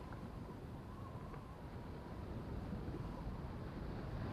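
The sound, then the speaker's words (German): Waves lap in a steady, low wash of water with a rumbling, wind-like undertone, swelling slightly louder toward the end. No voices are heard. “Und wieder das Schweigen, das regelmäßig im Wellenschlag atmet.”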